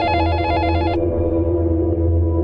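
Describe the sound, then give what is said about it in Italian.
A telephone rings with a rapid, warbling electronic trill that stops abruptly after about a second, leaving only a low, steady background hum. “Una sera, verso l'ora di cena, è squillato il telefono”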